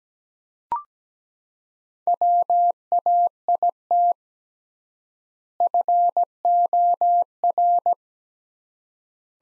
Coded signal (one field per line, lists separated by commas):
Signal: Morse code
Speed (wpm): 17 wpm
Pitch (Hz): 700 Hz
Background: none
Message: WAIT FOR